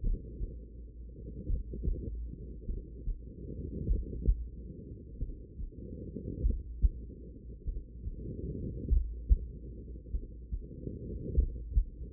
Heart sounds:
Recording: heart sounds by stethoscope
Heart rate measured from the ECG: 48 bpm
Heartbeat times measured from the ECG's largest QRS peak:
0.00 s: heartbeat
1.46 s: heartbeat
2.65 s: heartbeat
3.86 s: heartbeat
5.17 s: heartbeat
6.40 s: heartbeat
7.64 s: heartbeat
8.87 s: heartbeat
10.10 s: heartbeat
11.34 s: heartbeat
From the record:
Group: heart failure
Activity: rest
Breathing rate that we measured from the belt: 25 breaths a minute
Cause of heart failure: idiopathic cardiomyopathy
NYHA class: 2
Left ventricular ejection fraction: 53%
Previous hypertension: present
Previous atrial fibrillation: present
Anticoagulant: apixaban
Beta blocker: bisoprolol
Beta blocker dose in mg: 2.5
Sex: female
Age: 67 years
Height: 150 cm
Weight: 81 kg

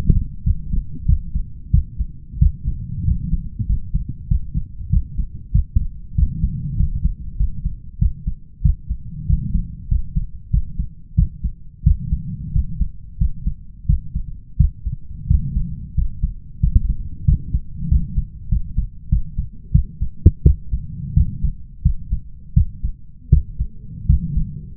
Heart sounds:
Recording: heart sounds by stethoscope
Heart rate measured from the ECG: 91 bpm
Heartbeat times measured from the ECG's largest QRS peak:
0.43 s: heartbeat
1.05 s: heartbeat
1.70 s: heartbeat
2.38 s: heartbeat
3.04 s: heartbeat
3.66 s: heartbeat
4.27 s: heartbeat
4.89 s: heartbeat
5.51 s: heartbeat
6.14 s: heartbeat
6.76 s: heartbeat
7.36 s: heartbeat
7.98 s: heartbeat
8.61 s: heartbeat
9.25 s: heartbeat
9.88 s: heartbeat
10.50 s: heartbeat
11.14 s: heartbeat
11.82 s: heartbeat
12.51 s: heartbeat
13.17 s: heartbeat
13.85 s: heartbeat
14.56 s: heartbeat
15.26 s: heartbeat
15.94 s: heartbeat
16.59 s: heartbeat
17.24 s: heartbeat
17.88 s: heartbeat
18.48 s: heartbeat
19.08 s: heartbeat
19.71 s: heartbeat
20.42 s: heartbeat
21.13 s: heartbeat
21.82 s: heartbeat
22.53 s: heartbeat
23.29 s: heartbeat
24.06 s: heartbeat
24.75 s: heartbeat
From the record:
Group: healthy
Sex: male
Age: 21 years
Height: 180 cm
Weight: 67.5 kg

